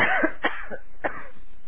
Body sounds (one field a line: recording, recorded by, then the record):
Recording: voluntary cough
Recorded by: telephone call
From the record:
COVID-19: positive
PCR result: self-reported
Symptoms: no